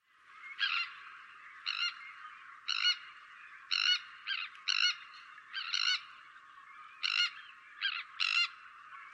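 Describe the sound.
Bird calling with rasping, honking notes about once a second, some coming close together.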